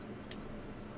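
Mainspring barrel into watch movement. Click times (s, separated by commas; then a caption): 0.3 s. A watch mainspring barrel on a vintage Waltham watch (a restoration with a bad pallet fork) is rotated to line up its square part, then drops and snaps into place in the watch movement. Against a quiet, faint ticking background, a single sharp, bright click rings out at 0.3 seconds. The barrel is seated.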